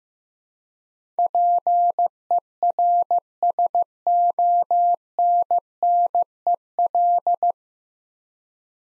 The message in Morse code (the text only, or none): PERSONNEL